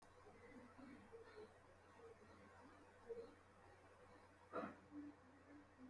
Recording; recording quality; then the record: shallow breathing; excellent, no background noise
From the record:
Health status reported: healthy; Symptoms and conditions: hypertension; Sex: male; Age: 29 years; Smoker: not ticked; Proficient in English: yes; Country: India